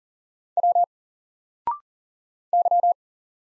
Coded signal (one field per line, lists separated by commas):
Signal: Morse code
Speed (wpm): 41 wpm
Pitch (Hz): 700 Hz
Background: none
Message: W Y